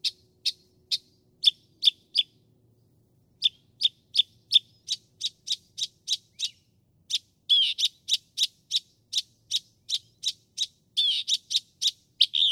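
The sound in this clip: Northern mockingbird song: long series of rapid sharp repeated notes, pausing briefly, then continuing faster and fuller toward the end.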